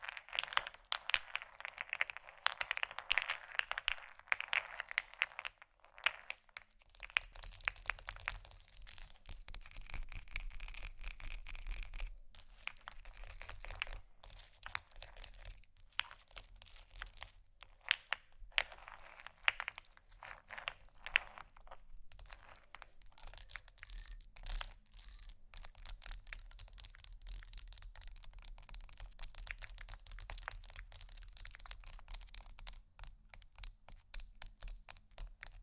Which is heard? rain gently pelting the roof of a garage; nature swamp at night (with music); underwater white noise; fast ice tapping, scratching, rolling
fast ice tapping, scratching, rolling